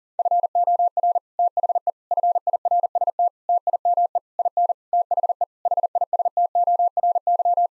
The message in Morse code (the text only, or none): FOR THE FIRST TIME IN THE HISTORY